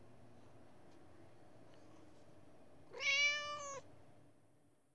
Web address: persian cat meow